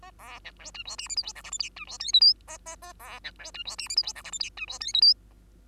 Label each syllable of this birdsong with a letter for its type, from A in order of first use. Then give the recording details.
A B C D E F G H I J K L M N E F O P Q A A A B C D E F G H I J K L M N E F O P Q. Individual Bird2